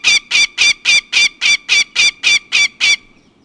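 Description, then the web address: Northern goshawk harsh cackling call, a steady series of loud, nasal kak notes repeated about three and a half times per second, eleven notes before stopping. "Peterson North American Birds. nogo"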